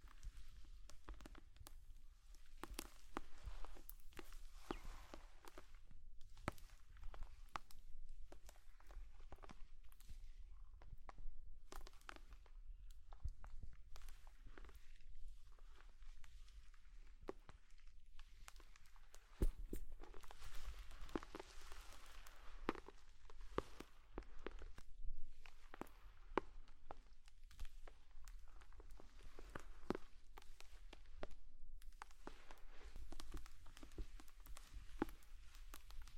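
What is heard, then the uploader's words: Squishy slime sounds, a dense, irregular run of wet clicks and pops over a steady low rumble throughout. ASMR Slime sounds.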